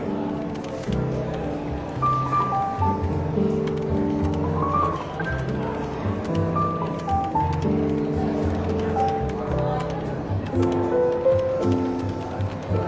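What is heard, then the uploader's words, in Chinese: A London bookshop café hums with soft overlapping chatter while gentle, relaxed jazz plays steadily underneath, with occasional light clinks throughout. 伦敦书店咖啡馆轻微喧闹氛围与柔和轻松的爵士背景音乐。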